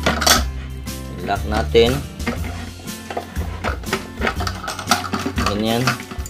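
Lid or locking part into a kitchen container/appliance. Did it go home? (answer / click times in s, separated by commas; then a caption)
no / none. A lid or locking part is handled on a kitchen container or appliance, making scattered clattering knocks and sharp taps over background music while someone talks. The part has not locked into place yet, and nothing has seated or clicked by the end.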